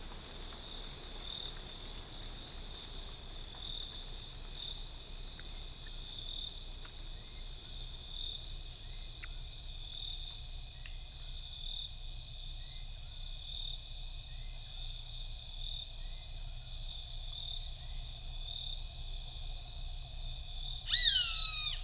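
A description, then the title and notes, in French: Costa Rican forest ambience, with a steady, dense buzz of insects or crickets holding high and bright throughout and a low rumble underneath. A few faint, short bird chirps appear scattered across the middle, and a louder bird call with quick falling notes sounds near 21 seconds. Muni d'une parabole et de micros omnidirectionnels, Irvic D'Olivier a passé de longues heures dans les parcs nationaux à attendre l'oiseau rare.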